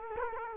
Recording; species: mosquito wingbeat signal from an infrared sensor; Culex quinquefasciatus